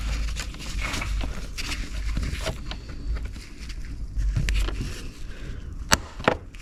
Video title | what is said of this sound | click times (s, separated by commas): Tagliando Alfa Romeo Giulia 2.2 cc 150 Cv - Car Service Alfa Giulia #alfaromeo #service #carservice | parfait quand tu entends le Tac ça veut dire que c'est arrivé alors | 5.9 s